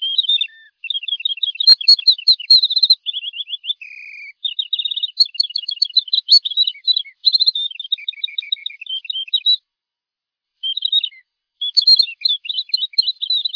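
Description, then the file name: Thrush song, a long rapid stream of varied chirps, trills and short buzzy notes, high-pitched and nearly unbroken, with a brief pause before resuming. "blwthrsh"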